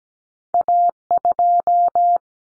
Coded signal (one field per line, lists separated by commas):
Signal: Morse code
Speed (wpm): 17 wpm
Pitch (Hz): 700 Hz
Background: none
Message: A2